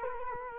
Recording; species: mosquito wingbeat signal from an infrared sensor; Culex quinquefasciatus